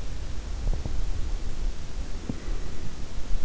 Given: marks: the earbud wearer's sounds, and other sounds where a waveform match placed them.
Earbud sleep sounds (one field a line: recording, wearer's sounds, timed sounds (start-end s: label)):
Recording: sounds in sleep by an in-ear microphone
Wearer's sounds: breath, teeth grinding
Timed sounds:
0.29-3.12 s: breath
0.53-1.09 s: teeth grinding
2.16-2.43 s: teeth grinding